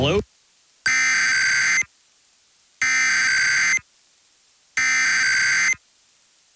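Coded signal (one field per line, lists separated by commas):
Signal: Emergency Alert System (SAME) tones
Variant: header bursts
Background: speech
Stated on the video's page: Fictional Emergency Alert System scenario with added effects, simulated rather than a real alert.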